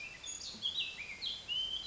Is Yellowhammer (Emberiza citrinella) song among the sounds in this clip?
no